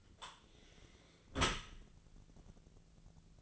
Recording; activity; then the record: daily activity, microphone in the room; close dishwasher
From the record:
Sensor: 4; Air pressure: 1001.3 hPa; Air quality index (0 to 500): 183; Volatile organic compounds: 2 ppm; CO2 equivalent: 1305 ppm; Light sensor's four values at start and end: 12/27/11/11 and 12/27/11/11